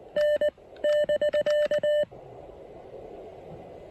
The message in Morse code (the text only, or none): N <BK>